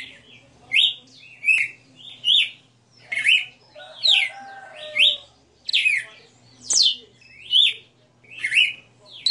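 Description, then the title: Red-cowled cardinal: a series of whistled notes, each a quick sweep. A lower layered buzzy sound joins briefly midway, and a faint hum continues throughout. Female bird singing live; the song is described as a 60-note song. "Canto Galo Campina Fêmea 02. Galo de Campina 60 NOTAS Cantando Ao vivo"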